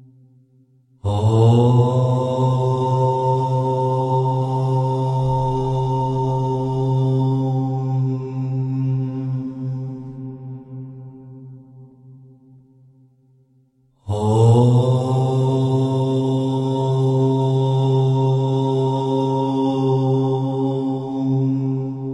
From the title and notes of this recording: Om Chant.